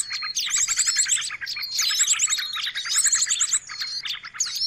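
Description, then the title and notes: Birds chattering busily, high chirps and quick slurred whistles overlapping, with short rattling trills recurring throughout. Noisy birds used to lure birds. "Burung Ribut Pikat"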